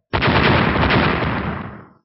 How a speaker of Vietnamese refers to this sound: Hơn trăm tiếng nổ liên tiếp vang lên. Lúc này bên trong đại trận, hơn trăm cổ cự thi màu máu vốn đang hoành hành đột nhiên tỏa ra ánh sáng đỏ rực, sau đó liên tiếp nổ tung.